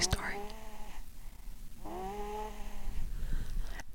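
Two soft, buzzing, tonal snores about two seconds apart, each on an inward breath, from a sleeping cat named Miles.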